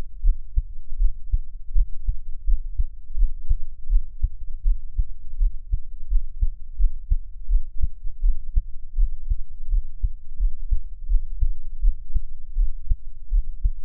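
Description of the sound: Low thumping heartbeat heard up close at about 82 beats a minute, made for ASMR listening, with no talking over it.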